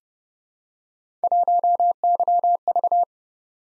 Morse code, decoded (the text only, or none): 1YV